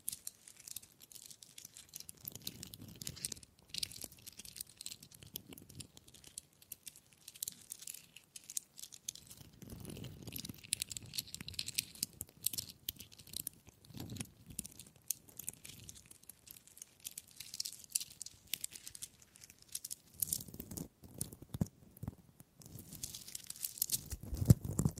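Wood triggers: dense, crackly tapping and scratching with bright crisp clicks, a low rumble swelling at intervals, around 10 and 21 seconds.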